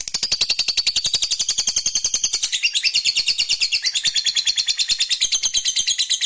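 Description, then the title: Lovebird sustained trill, a steady rapid stream of harsh high notes with even pulsing throughout, pitch wavering slightly midway. Fighter-type lovebird performing ngekek panjang, a long drawn-out trill. "Begitu Dengar Suara Lovebird FIGHTER NGEKEK PANJANG"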